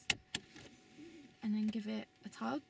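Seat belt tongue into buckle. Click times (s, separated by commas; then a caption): 0.1 s. A seat belt is pulled across and fed through the hand, and its metal tongue is pushed into the buckle, giving a sharp click at 0.1 s and a second click at 0.35 s. Someone then talks. The buckle is latched.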